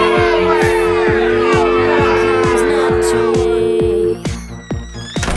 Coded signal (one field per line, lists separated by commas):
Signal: telephone call progress tone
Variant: North America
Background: music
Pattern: dial tone